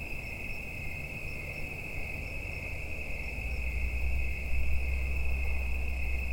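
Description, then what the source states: Insects calling together in a constant high buzzing drone, with low rumbling growing louder toward the end. Mating calls of insects in the evening in late summer into autumn at Watts Ranch, United States; insects that won't be alive in a week or two.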